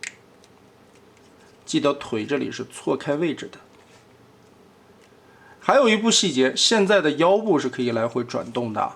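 The plastic calf cover of a Magic Square MS small-scale Transformers Sixshot robot toy's leg is closed, its middle tabs lined up and pressed tight, and it snaps home with a sharp click at 0.1 s. After a quiet stretch, someone talks over low background hiss.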